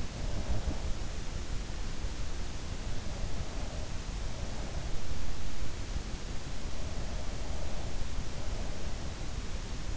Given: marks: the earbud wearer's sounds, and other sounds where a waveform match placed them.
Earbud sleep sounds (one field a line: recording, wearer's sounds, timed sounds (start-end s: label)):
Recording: sounds in sleep by an in-ear microphone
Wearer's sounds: breath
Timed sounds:
0.00-1.35 s: breath